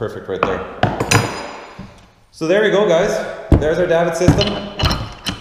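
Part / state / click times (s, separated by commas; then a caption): lift arm into its deck mounting block / seated / 5.3 s. The pivoting arm of a top-mount PWC lift on a boat swim deck, with its fasteners tightened so the arm sits snug in its deck mounting block, is swung into position while someone talks, with a few sharp knocks along the way. Its ratchet/pawl mechanism clicks at 5.3 s as the lift arm locks in place in the block.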